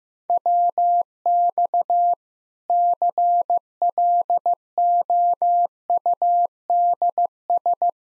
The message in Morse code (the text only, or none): WX CLOUDS